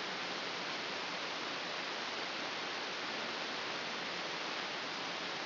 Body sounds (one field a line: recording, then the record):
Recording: brain microelectrode recording played as sound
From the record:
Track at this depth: inside the subthalamic nucleus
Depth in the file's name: 4.717 mm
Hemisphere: left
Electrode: 2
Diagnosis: Parkinson's disease